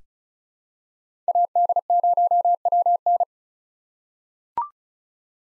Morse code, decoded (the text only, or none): AD0WN